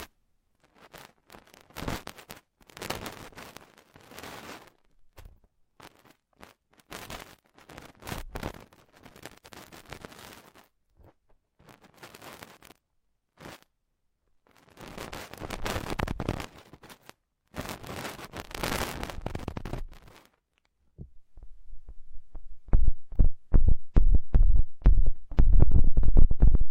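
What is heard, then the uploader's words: Fingertips brush and tap against an ear in bursts of dense, crackly rustling, broken by short silences through the first twenty seconds. After that, quick ticking touches take over, growing louder and more rapid with a deeper thump beneath them toward the end. Ultra-fine ear touch, immersive experience.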